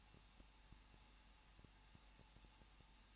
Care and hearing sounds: daily activity, microphone in the room; no activity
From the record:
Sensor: 1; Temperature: 20.1 degrees Celsius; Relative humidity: 39.1%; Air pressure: 1006.5 hPa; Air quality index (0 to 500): 216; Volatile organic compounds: 72 ppm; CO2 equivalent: 3541 ppm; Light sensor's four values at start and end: 1/2/1/1 and 1/2/1/1

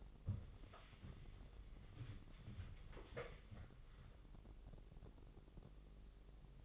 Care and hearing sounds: daily activity, microphone in the room; wipe stove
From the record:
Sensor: 4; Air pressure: 996.9 hPa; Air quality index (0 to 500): 93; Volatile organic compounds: 5 ppm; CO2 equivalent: 1819 ppm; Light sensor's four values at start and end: 18/50/19/20 and 17/48/18/20

